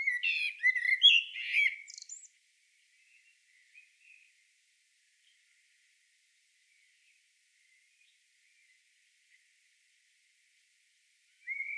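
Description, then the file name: Common blackbird giving one warbled phrase with a squeaky twittering end, followed by long near silence, a few faint notes and a brief whistle at the close. "Turdus merula"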